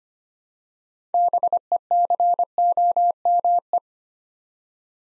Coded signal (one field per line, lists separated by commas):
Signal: Morse code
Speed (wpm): 25 wpm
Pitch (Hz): 700 Hz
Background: none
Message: BECOME